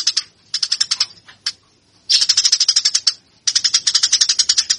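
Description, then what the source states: Eurasian tree sparrow giving bursts of rapid, high chirps separated by short pauses. Fighting call of the tree sparrow, used as a training recording for birds.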